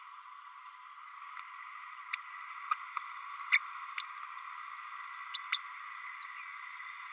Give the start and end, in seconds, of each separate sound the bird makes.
2.71-2.73, 3.52-3.58, 5.33-5.37, 5.52-5.59, 6.22-6.26